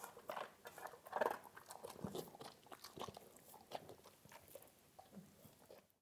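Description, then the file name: Dog eating, with soft, fairly quiet crunching and chewing at an uneven pace, tapering off before a sudden stop. "Hund frisst"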